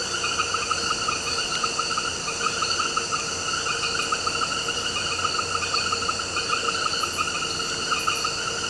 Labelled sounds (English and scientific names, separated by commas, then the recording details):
none
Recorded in pastures near Puerto Asís, Putumayo, Colombia, on 4 March 2025 at 18:30
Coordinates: 0.466, -76.322
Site CSA-02